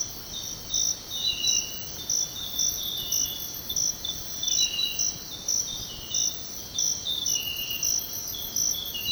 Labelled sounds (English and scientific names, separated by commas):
none